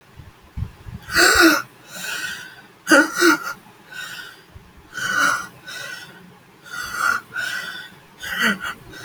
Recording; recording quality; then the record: deep breathing; excellent, no background noise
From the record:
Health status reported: exposed to COVID-19, no respiratory illness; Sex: male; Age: 20 years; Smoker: no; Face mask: not worn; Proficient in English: yes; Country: India